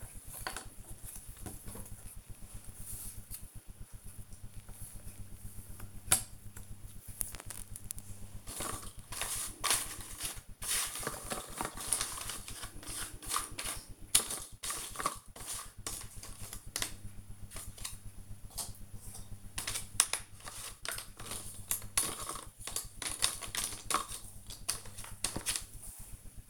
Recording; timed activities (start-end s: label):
household activities, microphone on the right wrist
1.58-26.50 s: doing a puzzle